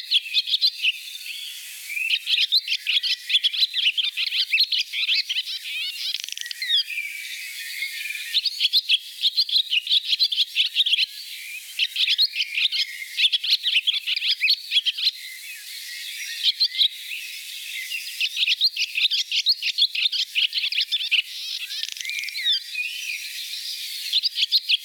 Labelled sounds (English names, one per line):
Barn Swallow song